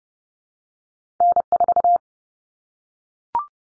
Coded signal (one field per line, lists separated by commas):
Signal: Morse code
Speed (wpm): 30 wpm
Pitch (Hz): 700 Hz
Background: none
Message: N4